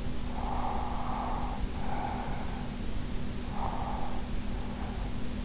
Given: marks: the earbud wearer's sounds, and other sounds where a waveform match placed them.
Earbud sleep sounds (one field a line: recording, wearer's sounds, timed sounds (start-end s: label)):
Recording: sounds in sleep by an in-ear microphone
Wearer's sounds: breath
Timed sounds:
0.00-2.58 s: breath
3.29-5.23 s: breath